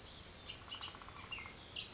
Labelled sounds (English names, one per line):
Bullock's Oriole